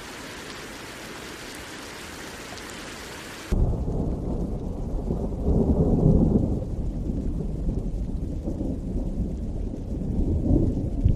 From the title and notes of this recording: Serene Rain Sounds.